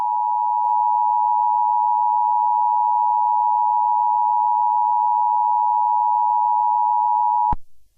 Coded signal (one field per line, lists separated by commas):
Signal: Emergency Alert System (SAME) tones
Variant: 853 and 960 Hz attention tone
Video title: Eas scenario Valentines Special - Zombie Love (With a Big Message at the End)